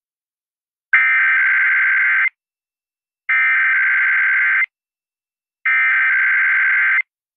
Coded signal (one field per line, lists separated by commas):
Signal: Emergency Alert System (SAME) tones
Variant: header bursts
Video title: St Patrick Day Weekend Tests (EAS #16870-16875) 3/16-17/24